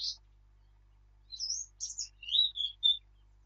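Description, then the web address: Eurasian blackcap song fragment: a few rising and falling whistled notes and a short scratchy burst, brief and clear over a faint hum. "birdsong Sylvia atricapilla"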